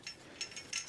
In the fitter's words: Snaps into place. Great.